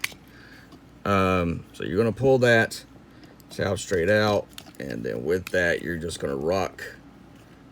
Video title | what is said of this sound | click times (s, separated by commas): Transformers kingdom Galvatron review | right here when this pegs in damn gum it like literally locks into place | 0.0 s